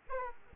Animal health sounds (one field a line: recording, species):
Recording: mosquito wingbeat signal from an infrared sensor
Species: Aedes aegypti